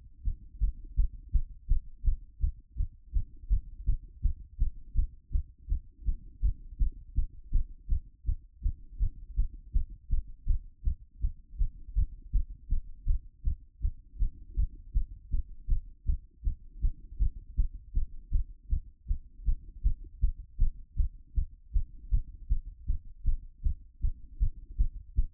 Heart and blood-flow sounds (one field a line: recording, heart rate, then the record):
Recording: heart sounds by stethoscope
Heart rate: 162 bpm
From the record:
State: after exercise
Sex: female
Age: 44 years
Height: 167 cm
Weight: 64 kg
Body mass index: 22.95